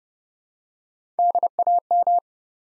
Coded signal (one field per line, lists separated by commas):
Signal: Morse code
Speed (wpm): 30 wpm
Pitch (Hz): 700 Hz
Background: none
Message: DAM